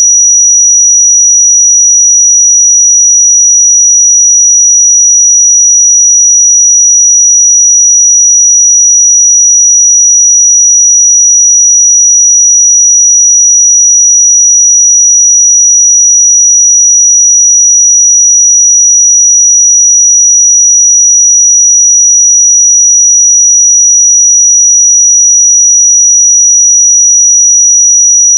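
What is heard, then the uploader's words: A pure sine tone at 5825 Hz sounds for the full 28 seconds. The high, thin pitch stays perfectly steady, with no change in level, no breaks, and nothing else in the background. 5825 Hz 1 Hz Interval Sine Pure Tone Frequency 441000 Sample Mono.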